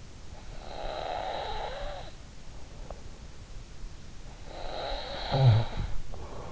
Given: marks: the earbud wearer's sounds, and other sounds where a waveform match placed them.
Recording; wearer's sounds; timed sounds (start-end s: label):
sounds in sleep by an in-ear microphone; breath, snoring breath
0.12-2.64 s: breath
3.95-6.47 s: snoring breath